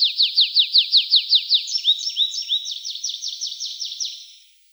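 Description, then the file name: Tree pipit singing: a series of clear descending notes, then slurred notes and a faster run of notes that fades away. "Konek lesnoj"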